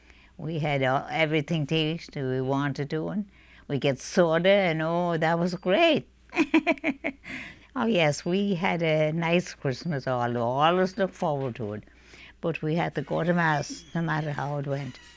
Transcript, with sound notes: We had everything to eat that we wanted to, and we'd get soda, and oh, that was great. ( she laughs ) Oh, yes. We had a nice Christmas. I always looked forward to it. But we had to go to mass, no matter how it went.